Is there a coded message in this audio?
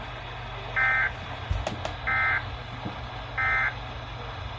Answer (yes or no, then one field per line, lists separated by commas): no